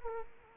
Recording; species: mosquito wingbeat signal from an infrared sensor; Culex quinquefasciatus